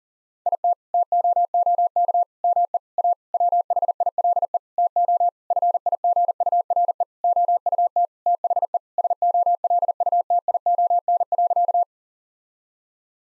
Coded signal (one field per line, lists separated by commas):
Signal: Morse code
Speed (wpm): 37 wpm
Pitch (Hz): 700 Hz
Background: none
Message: IT TOOK ME A WHILE TO FIGURE OUT THE SOLUTION.